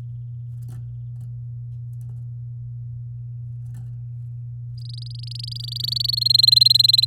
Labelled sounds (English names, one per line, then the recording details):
Domestic Canary song
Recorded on 8 May 2018 at 05:33
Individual llb16